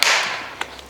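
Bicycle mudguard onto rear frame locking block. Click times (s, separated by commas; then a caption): 0.0 s. The bottom of a plastic mudguard is squeezed onto the back of the locking block on a folding bike's rear frame. It snaps into place with a sharp, bright click at 0.0 s that rings briefly. Fainter ticks follow at 0.6 s and 0.8 s.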